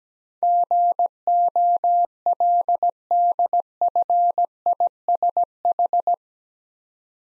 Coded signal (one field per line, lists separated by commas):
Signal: Morse code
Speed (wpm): 17 wpm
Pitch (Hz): 700 Hz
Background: none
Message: GOLDFISH